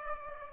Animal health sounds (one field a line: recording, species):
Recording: mosquito wingbeat signal from an infrared sensor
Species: Aedes aegypti